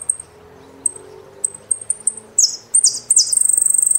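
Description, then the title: Saffron finch song: thin, high whistled notes at irregular spacing, then louder buzzy descending phrases and a fast, even trill to close. "Jilguero Argentino"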